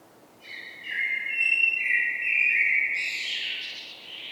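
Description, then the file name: Common blackbird song, layered mellow whistles running for several seconds before breaking into a higher, harsher twittering tail. "Turdus merula"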